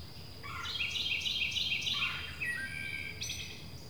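Rapid, repeated bird twittering fills the first two seconds, followed by thinner chirps and a short final burst, all over a soft background hiss.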